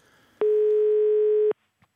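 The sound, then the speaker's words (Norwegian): A single loud, steady ringback tone of an outgoing phone call to a funeral home lasts about a second at a flat mid pitch, then cuts off into near silence broken by a faint click. “Så har vi tatt noen telefoner, og vi ringte til et begravelsesbyrå”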